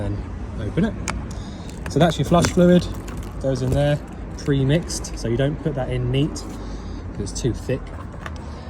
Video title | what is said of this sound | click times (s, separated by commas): Bailey Advance 640 handover video | Toilet is set, pushes all the way back in like that, and then just locked into place nice and easily. | 8.3 s